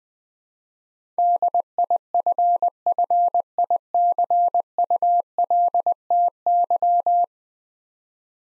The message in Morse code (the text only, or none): DIFFICULTY